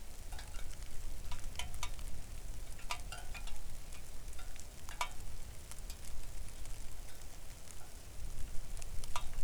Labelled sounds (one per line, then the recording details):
rain
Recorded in the Arctic National Wildlife Refuge, Alaska, on 3 August 2019 at 05:50
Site 41